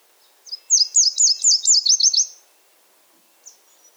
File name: NAWA SONG QC - Nashville Warbler - Leiothlypis ruficapilla